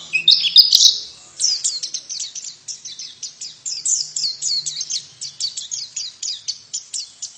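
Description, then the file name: White-eye calls: a high, sharp chirp burst, then a steady string of short thin notes, roughly three or four each second. Female bird. "suara pleci betina"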